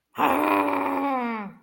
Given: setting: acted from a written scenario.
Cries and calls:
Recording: vocal sound without words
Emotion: anger

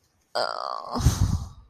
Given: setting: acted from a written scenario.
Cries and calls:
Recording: vocal sound without words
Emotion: guilt

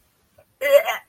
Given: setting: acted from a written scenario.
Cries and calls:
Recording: vocal sound without words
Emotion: disgust

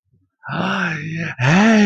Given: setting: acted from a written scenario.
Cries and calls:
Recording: vocal sound without words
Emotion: relief

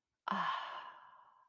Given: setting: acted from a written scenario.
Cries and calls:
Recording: vocal sound without words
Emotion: serenity

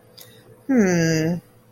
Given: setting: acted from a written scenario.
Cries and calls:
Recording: vocal sound without words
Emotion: contempt

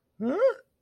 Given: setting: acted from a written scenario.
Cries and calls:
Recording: vocal sound without words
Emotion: confusion

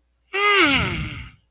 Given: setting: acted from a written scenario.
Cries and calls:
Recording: vocal sound without words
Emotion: romantic love

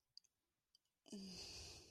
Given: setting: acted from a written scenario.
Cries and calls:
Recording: vocal sound without words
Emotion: shame

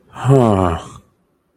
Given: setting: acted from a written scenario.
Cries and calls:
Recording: vocal sound without words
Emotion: confusion

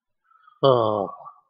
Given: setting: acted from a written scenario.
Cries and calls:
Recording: vocal sound without words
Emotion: guilt

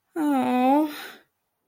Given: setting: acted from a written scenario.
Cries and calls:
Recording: vocal sound without words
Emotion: sadness

